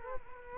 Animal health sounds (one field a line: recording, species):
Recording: mosquito wingbeat signal from an infrared sensor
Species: Culex quinquefasciatus